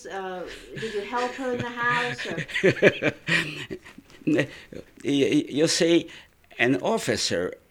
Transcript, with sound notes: Did you help her in the house, or...
( he laughs ) You see, an officer